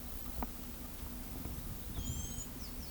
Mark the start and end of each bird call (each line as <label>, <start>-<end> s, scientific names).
Thraupis palmarum, 1.96-2.51 s